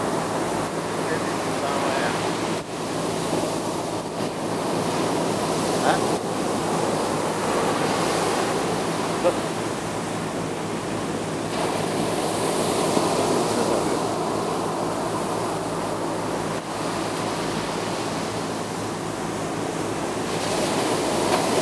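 Waves wash steadily along a shore while fishing boats work, a low engine drone running underneath the whole time. The sound stays dense and even, with faint hum lines and brief soft knocks every few seconds.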